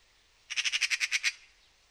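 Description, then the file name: Eurasian magpie chattering call: a rapid, harsh rattle of several grating notes lasting under a second, with quiet background before and after. "Pica pica"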